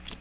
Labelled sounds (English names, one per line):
Magnolia Warbler flight call